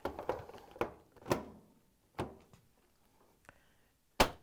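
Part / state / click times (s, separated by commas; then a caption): dryer control panel into front panel / seated / 4.2 s. A Maytag dryer's control panel is lined up with the front panel and pushed in during a thermal fuse W10909685 replacement, giving several knocks and thunks in the first seconds. At 4.2 s a sharp snap is heard as the panel's tabs seat, and the control panel is snapped into place.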